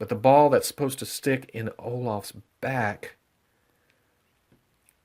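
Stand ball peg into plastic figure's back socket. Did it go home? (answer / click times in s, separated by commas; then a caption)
no / none. Someone talks while pushing the plastic ball peg of a display stand arm into the socket in the back of a small plastic Olaf figure. After the talking, two faint contact sounds come at 3.9 s and 4.9 s. The ball joint has not seated or clicked, and it does not lock, so the figure comes off when moved.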